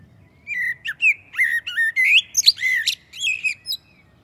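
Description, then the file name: Common blackbird delivering a continuous rich phrase of fluty whistles, sliding notes and short high squeaks, lasting about three seconds; little else audible. "Turdus merula"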